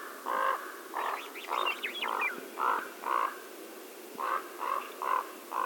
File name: Holló